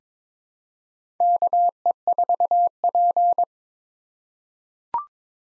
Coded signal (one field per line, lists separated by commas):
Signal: Morse code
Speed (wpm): 21 wpm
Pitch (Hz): 700 Hz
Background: none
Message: KE4P